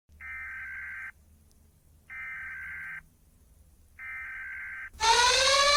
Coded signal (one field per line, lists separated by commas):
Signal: Emergency Alert System (SAME) tones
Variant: header bursts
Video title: YouTube(Social emprezes)Eas alarm(Sult of the mult) MEGA SUPER GIGA LOUD!